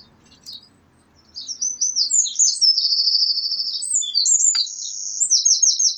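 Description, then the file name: Eurasian wren song, a loud, high-pitched rush of quick notes running into rattling trills that keep going to the end. "Troglodytes troglodytes"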